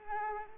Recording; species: mosquito wingbeat signal from an infrared sensor; Culex pipiens